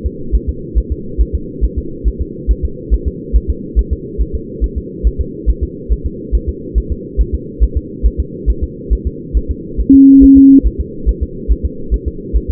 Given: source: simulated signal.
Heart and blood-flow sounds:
fetal heart sounds
0.06 s: S2
0.35 s: S1
0.49 s: S2
0.78 s: S1
0.92 s: S2
1.21 s: S1
1.35 s: S2
1.65 s: S1
1.78 s: S2
2.08 s: S1
2.22 s: S2
2.51 s: S1
2.65 s: S2
2.94 s: S1
3.08 s: S2
3.36 s: S1
3.50 s: S2
3.79 s: S1
3.93 s: S2
4.21 s: S1
4.35 s: S2
4.64 s: S1
4.78 s: S2
5.07 s: S1
5.21 s: S2
5.50 s: S1
5.63 s: S2
5.92 s: S1
6.06 s: S2
6.35 s: S1
6.49 s: S2
6.78 s: S1
6.92 s: S2
7.21 s: S1
7.35 s: S2
7.63 s: S1
7.77 s: S2
8.06 s: S1
8.20 s: S2
8.50 s: S1
8.64 s: S2
8.93 s: S1
9.07 s: S2
9.37 s: S1
9.51 s: S2
9.80 s: S1
9.94 s: S2
10.24 s: S1
10.38 s: S2
10.67 s: S1
10.80 s: S2
11.09 s: S1
11.23 s: S2
11.52 s: S1
11.66 s: S2
11.94 s: S1
12.08 s: S2
12.36 s: S1
12.50 s: S2
From the record:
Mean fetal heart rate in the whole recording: 140 bpm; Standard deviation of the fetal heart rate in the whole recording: 2 bpm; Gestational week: 34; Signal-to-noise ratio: -4.3 dB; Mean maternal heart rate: 72 bpm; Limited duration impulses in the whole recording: present

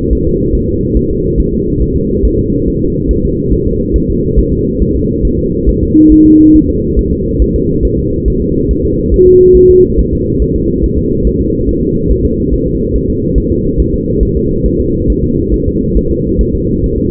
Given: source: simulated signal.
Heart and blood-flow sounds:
fetal heart sounds
0.13 s: S1
0.27 s: S2
0.55 s: S1
0.69 s: S2
0.97 s: S1
1.11 s: S2
1.40 s: S1
1.54 s: S2
1.82 s: S1
1.96 s: S2
2.25 s: S1
2.39 s: S2
2.68 s: S1
2.82 s: S2
3.11 s: S1
3.25 s: S2
3.53 s: S1
3.67 s: S2
3.96 s: S1
4.10 s: S2
4.39 s: S1
4.53 s: S2
4.82 s: S1
4.96 s: S2
5.25 s: S1
5.39 s: S2
5.69 s: S1
5.83 s: S2
6.12 s: S1
6.26 s: S2
6.56 s: S1
6.70 s: S2
6.99 s: S1
7.13 s: S2
7.42 s: S1
7.56 s: S2
7.85 s: S1
7.99 s: S2
8.28 s: S1
8.42 s: S2
8.71 s: S1
8.85 s: S2
9.14 s: S1
9.28 s: S2
9.57 s: S1
9.71 s: S2
9.99 s: S1
10.13 s: S2
10.42 s: S1
10.56 s: S2
10.84 s: S1
10.98 s: S2
11.27 s: S1
11.41 s: S2
11.69 s: S1
11.83 s: S2
12.11 s: S1
12.25 s: S2
12.54 s: S1
12.68 s: S2
12.96 s: S1
13.10 s: S2
13.38 s: S1
13.52 s: S2
13.80 s: S1
13.94 s: S2
14.23 s: S1
14.37 s: S2
14.66 s: S1
14.80 s: S2
15.10 s: S1
15.24 s: S2
15.54 s: S1
15.68 s: S2
15.97 s: S1
16.11 s: S2
16.41 s: S1
16.55 s: S2
16.84 s: S1
16.98 s: S2
From the record:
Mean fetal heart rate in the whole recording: 140 bpm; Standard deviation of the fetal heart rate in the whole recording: 2 bpm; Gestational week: 34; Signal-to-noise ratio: -10.2 dB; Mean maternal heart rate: 72 bpm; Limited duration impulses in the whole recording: present

